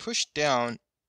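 A ball bearing is nested in its spot on a plastic robot chassis and pushed down so it will snap into place and not pop out when flipped over. In this clip someone talks briefly with a short pause and no distinct click. Nothing has seated or clicked yet.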